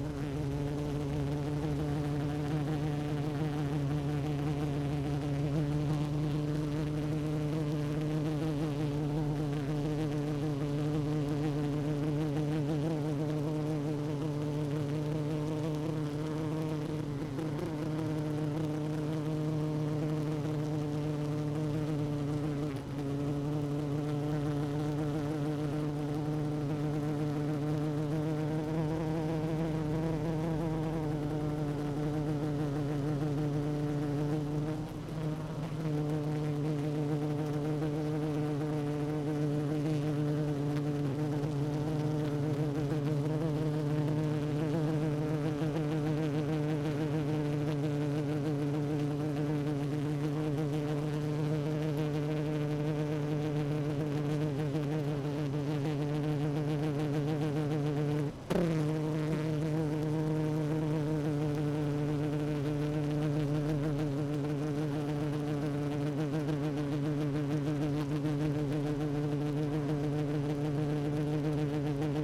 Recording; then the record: honeybee colony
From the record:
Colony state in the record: active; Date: 12 June 2018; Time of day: 16:22